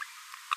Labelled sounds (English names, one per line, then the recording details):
Green-rumped Parrotlet babbling
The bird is a female
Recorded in a nest box in Venezuela
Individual 17B42A2